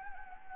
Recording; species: mosquito wingbeat signal from an infrared sensor; Anopheles arabiensis